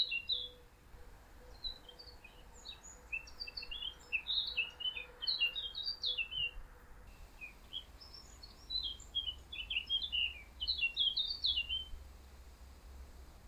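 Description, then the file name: Eurasian blackcap giving two bursts of fast, jumbled high twittering, with a faint steady hum beneath the first half and soft background noise. "Sylvia atricapilla"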